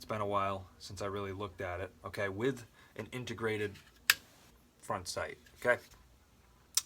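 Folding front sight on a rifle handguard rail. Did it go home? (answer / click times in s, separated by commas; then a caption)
yes / 6.8 s. Someone talks while an integrated folding front sight on a rifle's roughly 12-inch extended handguard rail is handled, with a sharp transient at 4.1 s. The sight is flipped up and snaps into its locked upright position with a short metallic click at 6.8 s, seated and locked into place.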